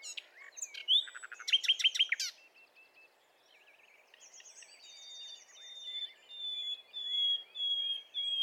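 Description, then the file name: Common nightingale song with a dense burst of rattling, chirping notes, a brief lull, then a string of pure, drawn-out whistles repeated and swelling in loudness, against faint background hiss. "Luscinia megarhynchos"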